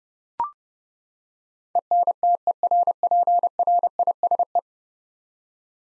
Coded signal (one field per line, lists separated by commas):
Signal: Morse code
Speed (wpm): 30 wpm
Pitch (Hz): 700 Hz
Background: none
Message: ENTERPRISE